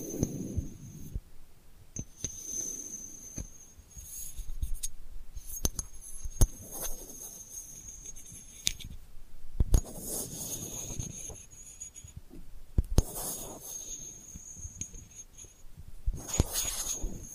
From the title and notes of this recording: ASMR Delicate Scratching for Sleep (No Talking).